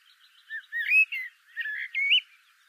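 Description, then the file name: Common blackbird song: two fluted, slurred whistled phrases in quick succession, the notes sliding up and down. "Turdus merula"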